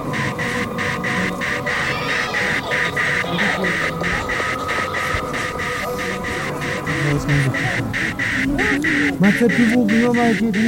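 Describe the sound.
Pilgrims walk the khora around the Jokhang temple, a dense murmur of voices under a steady tone and quick, regular clicking pulses throughout.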